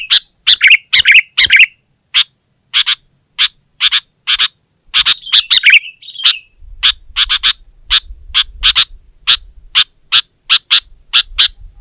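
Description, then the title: Sooty-headed bulbul delivers clipped sharp chirps in irregular runs, with a couple of short fluty warbles midway. "kutilang"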